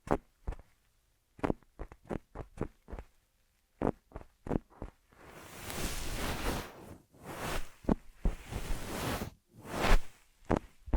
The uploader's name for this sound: Ear Massage Triggers